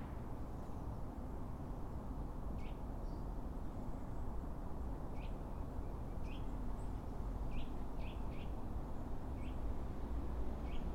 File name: Sitta europaea